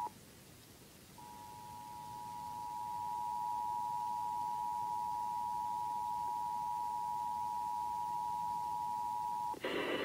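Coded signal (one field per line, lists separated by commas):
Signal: Emergency Alert System (SAME) tones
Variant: 853 and 960 Hz attention tone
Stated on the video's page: Iowa Required Monthly Test originated from an AM station and relayed by radio and TV stations.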